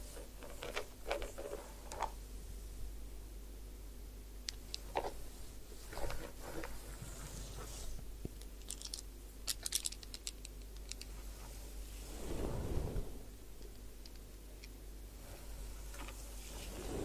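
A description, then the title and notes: Head spa hair wash and massage, heard as a steady low hum under scattered crackles, taps and bright rustling bursts that come every second or two. Around twelve seconds a louder swelling rush rises and fades, and soft ticking and crunching continue throughout. Head Spa Hair Wash, Massage, Ear Cleaning.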